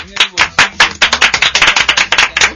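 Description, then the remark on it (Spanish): Hand clapping: a quick run of sharp, bright claps, starting a little spaced and then speeding into a dense, lively patter of applause that lasts a few seconds. “Bueno, un aplauso para mí.”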